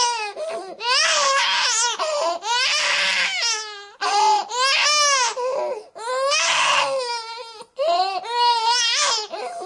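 Loud, high-pitched wailing cries of a baby in about five long bursts separated by brief gasping breaths.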